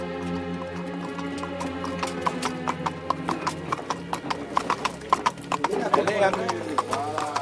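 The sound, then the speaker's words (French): The hooves of a stolen horse, ridden down the Durance valley to Manosque in stifling heat, clip-clop in a quick, uneven rhythm of sharp knocks over a steady murmuring voice, with a brief whinny rising near the end. “Il descend la vallée de la Durance sur un cheval qu'il a volé et parvient finalement à Manosque.”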